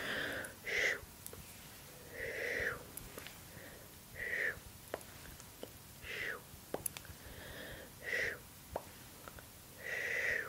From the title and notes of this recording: ASMR Sleepy Hand Movements & Mouth Sounds.